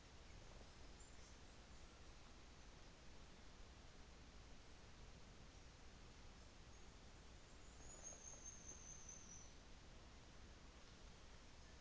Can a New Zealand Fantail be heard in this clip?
yes